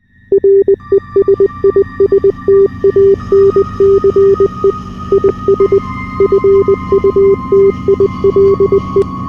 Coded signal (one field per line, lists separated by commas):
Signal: Morse code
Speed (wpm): 20 wpm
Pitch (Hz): 390 Hz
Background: none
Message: RESISTANCE IS FUTILE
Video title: EAS Scenario - Pretty Blood [READ DESC]